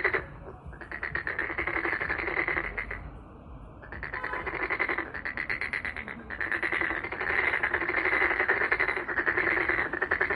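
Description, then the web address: Frogs croaking in a dense chorus of rapid pulsed trills, steady in long bursts broken by brief pauses near the start and around three to four seconds. "White Noise frog"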